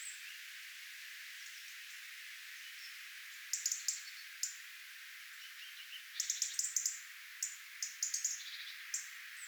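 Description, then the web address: Tit contact calls, quiet at first, then bursts of sharp high chirps in quick clusters over a faint hiss. Tit flock, recorded 11 October 2024. "paivat 11 10 2024 punarintoja tiaisparvi"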